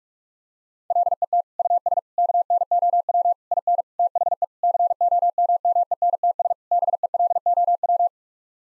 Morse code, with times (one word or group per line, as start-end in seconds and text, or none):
0.9-1.4 LET
1.6-2.0 US
2.2-3.3 KNOW
3.5-3.8 IN
4.0-4.4 THE
4.6-6.5 COMMENTS
6.7-8.1 BELOW